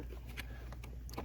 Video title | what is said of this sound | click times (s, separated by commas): 2012 Toyota Corolla AC Not Working 2 Basic Common Problems DIY Fixes | And then it just snaps back into place right there. | 1.1 s